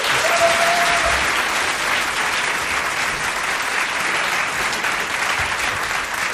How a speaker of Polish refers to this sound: Więc ponieważ mamy jeszcze na pewno sekundkę, to jeszcze raz oklaski.